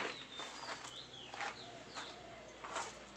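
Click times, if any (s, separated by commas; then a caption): none. The angled leg of a metal engine guard (crash bar) for a 250 twin motorcycle is handled and lined up before going into its frame mount; the leg is angled so it will lock into place when fitted. Soft handling knocks come at about 1.4 s and 2.7 s over steady background hum, with bird chirps and whistles throughout. Nothing has seated or clicked yet.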